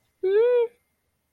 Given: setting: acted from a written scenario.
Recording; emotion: vocal sound without words; guilt